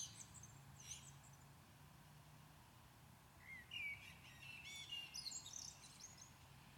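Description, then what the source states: Common blackbird singing a low, mellow fluted warble that ends in a thin, high twittering flourish, with faint scratchy sounds beforehand and steady low background hum. Recorded at Maindy.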